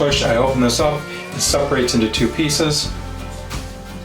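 A two-piece metal multi-tool section is handled and separated into two pieces before going back into its locking body with a push-button release, while someone talks over guitar music. Nothing has seated or clicked yet by the end of the clip.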